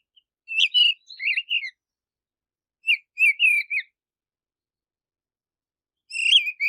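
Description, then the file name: Mistle thrush singing short, loud whistled phrases of fluty notes, each phrase separated by pauses of one to over two seconds. "Canto do tordoveia"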